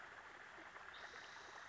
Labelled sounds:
Spotted Towhee
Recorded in Sonoma County, California

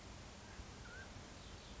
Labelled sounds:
Mountain Quail
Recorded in Sonoma County, California

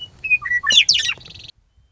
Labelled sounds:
Western Meadowlark
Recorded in Sonoma County, California

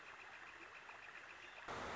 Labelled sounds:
Northern Flicker
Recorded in Sonoma County, California

